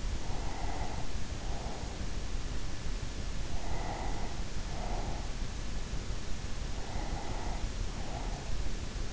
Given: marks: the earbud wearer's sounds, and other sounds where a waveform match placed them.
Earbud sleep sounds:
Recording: sounds in sleep by an in-ear microphone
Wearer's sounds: breath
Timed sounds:
0.33-2.34 s: breath
3.56-5.65 s: breath
6.77-9.13 s: breath

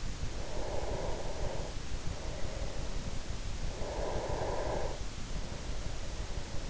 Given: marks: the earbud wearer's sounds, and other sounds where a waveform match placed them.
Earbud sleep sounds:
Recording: sounds in sleep by an in-ear microphone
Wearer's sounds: breath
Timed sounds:
0.26-3.48 s: breath
3.74-6.70 s: breath

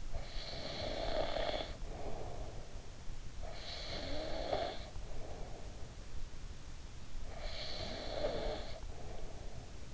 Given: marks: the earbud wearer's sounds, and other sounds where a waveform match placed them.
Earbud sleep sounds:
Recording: sounds in sleep by an in-ear microphone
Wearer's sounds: snoring breath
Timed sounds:
0.00-2.76 s: snoring breath
3.31-6.14 s: snoring breath
7.02-9.84 s: snoring breath

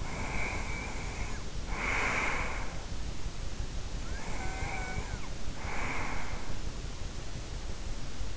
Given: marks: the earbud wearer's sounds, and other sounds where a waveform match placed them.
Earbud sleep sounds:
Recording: sounds in sleep by an in-ear microphone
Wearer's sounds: breath, snoring breath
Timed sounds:
0.00-2.94 s: breath
4.14-6.59 s: snoring breath

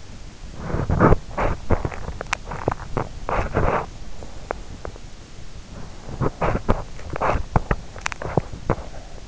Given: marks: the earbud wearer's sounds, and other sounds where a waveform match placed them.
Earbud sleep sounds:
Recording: sounds in sleep by an in-ear microphone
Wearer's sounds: teeth grinding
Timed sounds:
0.49-4.74 s: teeth grinding
5.86-9.28 s: teeth grinding

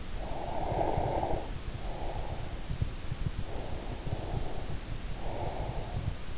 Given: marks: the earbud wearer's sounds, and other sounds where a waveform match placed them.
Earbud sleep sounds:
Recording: sounds in sleep by an in-ear microphone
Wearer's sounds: breath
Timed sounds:
0.08-2.62 s: breath
3.38-6.28 s: breath

